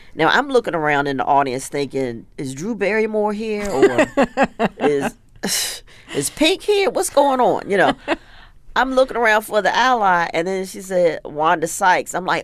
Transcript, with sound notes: Now, I'm looking around in the audience thinking, is Drew Barrymore here or what?
(Laughter).
Is Pink here? What's going on, you know?
(Laughter).
I'm looking around for the ally. And then she said Wanda Sykes.